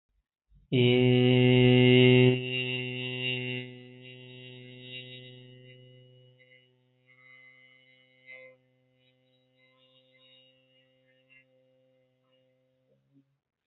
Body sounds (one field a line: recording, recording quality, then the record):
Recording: sustained vowel as in made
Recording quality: excellent, no background noise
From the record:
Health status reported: healthy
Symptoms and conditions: none ticked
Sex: male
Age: 30 years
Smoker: not ticked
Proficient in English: yes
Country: India